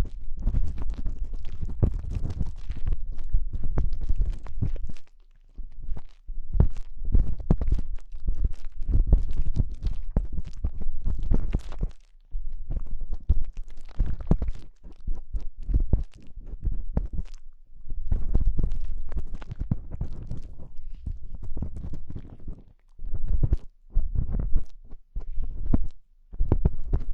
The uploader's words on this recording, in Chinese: 用各种棒棒清理你的耳朵。